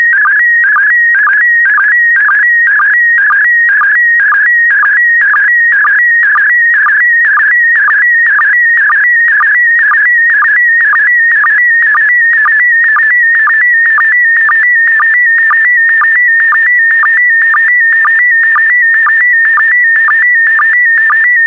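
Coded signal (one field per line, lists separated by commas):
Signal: SSTV (slow-scan television)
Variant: PD120 mode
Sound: warbling tone around 2 kHz with steady rhythmic low blips about twice a second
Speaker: complete. You can now check your decoded image against the picture that is shown on the video.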